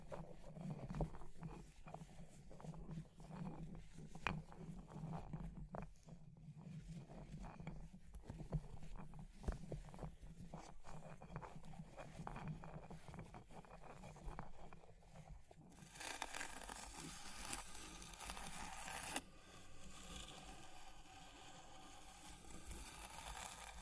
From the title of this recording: Fire Crackling, Tapping, Scratching